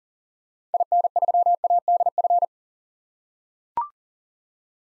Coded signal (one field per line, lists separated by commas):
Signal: Morse code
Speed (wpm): 40 wpm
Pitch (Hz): 700 Hz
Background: none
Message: IN3ADF